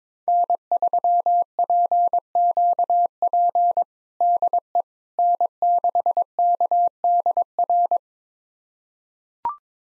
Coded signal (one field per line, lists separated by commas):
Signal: Morse code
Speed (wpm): 22 wpm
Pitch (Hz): 700 Hz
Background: none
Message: N3PQP DE N6KDR